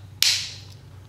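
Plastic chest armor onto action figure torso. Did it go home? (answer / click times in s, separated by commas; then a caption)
yes / 0.2 s. Plastic chest armor is pressed onto a vintage action figure's torso and snaps into place with a sharp, bright click at 0.2 s that rings out briefly over a low background hum. The armor is seated on the figure.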